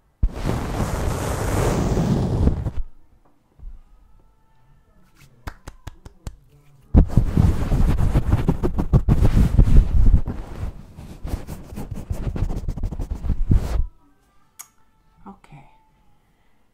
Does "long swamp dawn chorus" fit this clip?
no